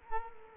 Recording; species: mosquito wingbeat signal from an infrared sensor; Culex quinquefasciatus